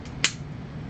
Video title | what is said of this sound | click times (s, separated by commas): How to Use the MantisX System for Training at Home and on Range | so it's locked in there if your gun doesn't have a rail so like this | 0.2 s